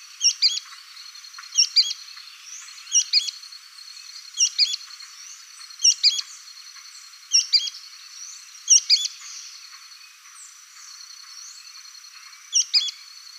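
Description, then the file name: Sooty-fronted spinetail singing a brisk doubled note over and over, each high paired phrase coming roughly every second and a half, then a pause of several seconds before one last phrase near the end. "canto do petrim"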